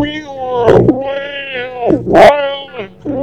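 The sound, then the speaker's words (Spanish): A morphed cat voice, recorded in 2005, warbles in sustained harmonic tones, swelling into two loud, strained yowls and dipping in pitch between them, with a short third cry rising at the end. “Como son, pues no sé, este morph de una voz de gato.”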